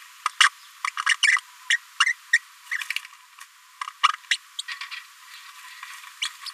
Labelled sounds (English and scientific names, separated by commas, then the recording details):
Green-rumped Parrotlet (Forpus passerinus) babbling
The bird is a female
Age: 29 days
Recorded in a nest box in Venezuela
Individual 17B73B2